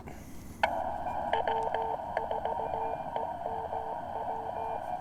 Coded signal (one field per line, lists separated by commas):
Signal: Morse code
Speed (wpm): 17 wpm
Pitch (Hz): 450 Hz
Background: radio noise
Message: W4EMW